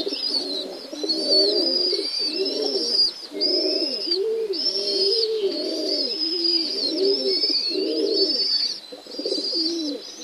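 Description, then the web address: Domestic pigeons cooing in repeated low, bubbling bursts, with a few brief pauses, and constant high twittering chirps layered above. Recorded in a pigeon loft (gołębnik). "wroblowe kolekcja golebnik"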